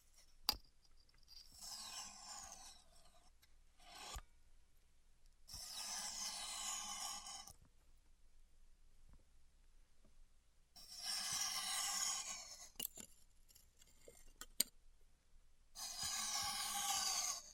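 Styrofoam being heat-cut comes in four bursts of bright, hissing, crackly squeal, each lasting about two seconds, near 1.5, 5.5, 11 and 16 seconds. Between them are quiet gaps broken by sharp single clicks and knocks, with a faint low hum underneath.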